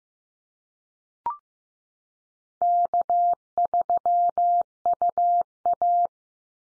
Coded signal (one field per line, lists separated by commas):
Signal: Morse code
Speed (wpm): 15 wpm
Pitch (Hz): 700 Hz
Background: none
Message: K3UA